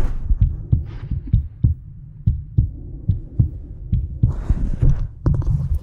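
A steady, fairly quick heartbeat of deep low thumps, each paired with a sharp metallic click from a new artificial heart valve, with a faint breathy wheezing hiss from the bronchi rising toward the end.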